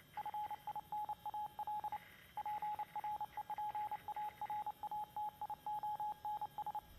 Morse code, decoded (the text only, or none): FINAL PREPARATIONS